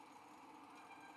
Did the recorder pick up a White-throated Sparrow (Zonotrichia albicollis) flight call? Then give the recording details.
no. No flight call is heard. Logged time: 03:48 on 5 December 2014